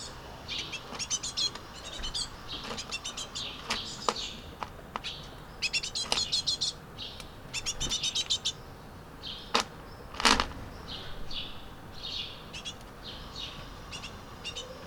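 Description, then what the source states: Young tits begging: repeated bursts of rapid, thin, high chirps, with a few sharp clicks and knocks between them. Baby tit.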